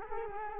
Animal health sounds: mosquito wingbeat signal from an infrared sensor; Culex quinquefasciatus

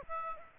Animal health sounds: mosquito wingbeat signal from an infrared sensor; Aedes aegypti

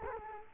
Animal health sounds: mosquito wingbeat signal from an infrared sensor; Culex quinquefasciatus

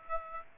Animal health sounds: mosquito wingbeat signal from an infrared sensor; Aedes aegypti

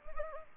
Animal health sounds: mosquito wingbeat signal from an infrared sensor; Anopheles arabiensis

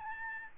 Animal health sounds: mosquito wingbeat signal from an infrared sensor; Aedes albopictus

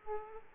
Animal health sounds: mosquito wingbeat signal from an infrared sensor; Aedes aegypti

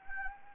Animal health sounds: mosquito wingbeat signal from an infrared sensor; Anopheles gambiae

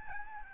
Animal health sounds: mosquito wingbeat signal from an infrared sensor; Aedes albopictus

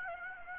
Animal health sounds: mosquito wingbeat signal from an infrared sensor; Aedes aegypti

